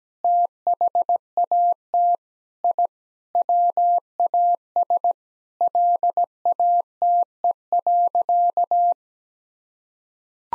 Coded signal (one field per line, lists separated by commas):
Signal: Morse code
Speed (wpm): 17 wpm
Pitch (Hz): 700 Hz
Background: none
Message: THAT I WAS LATE.